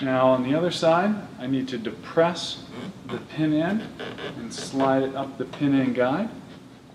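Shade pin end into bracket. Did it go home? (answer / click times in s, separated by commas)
no / none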